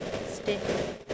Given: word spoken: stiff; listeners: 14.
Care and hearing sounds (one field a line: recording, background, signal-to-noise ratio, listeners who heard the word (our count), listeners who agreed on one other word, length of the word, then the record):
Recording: one English word in noise, from a listening test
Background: noise modulated by three-talker babble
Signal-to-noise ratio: -4.3 dB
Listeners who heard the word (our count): 6 of 14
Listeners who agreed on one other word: 7 of 14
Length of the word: 0.74 s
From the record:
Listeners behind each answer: 7, 6, 1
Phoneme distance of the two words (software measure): 10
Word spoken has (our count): 1 syllable, 4 phonemes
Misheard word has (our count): 1 syllable, 4 phonemes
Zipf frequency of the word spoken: 3.96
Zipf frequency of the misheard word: 5.02